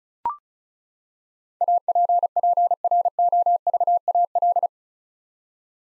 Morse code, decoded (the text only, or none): APPROVAL